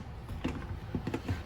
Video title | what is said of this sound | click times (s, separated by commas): Tippmann Stormer Paintball Gun l Beginner Paintball Guns l Entry Level Mag Fed Paintball Markers! | This is spring loaded, and we're gonna pop it into place here. | 1.1 s